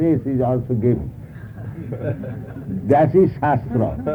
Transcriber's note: laughter